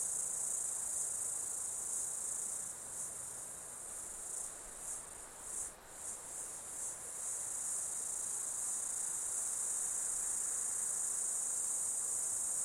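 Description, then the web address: Insects in a steady shrill high chorus, with a short stretch of pulsing and brief dips midway. Insects during an Australian summer, outdoors. "Foundation 1 AMBIENCE AUSTRALIAN SUMMER INSECTS"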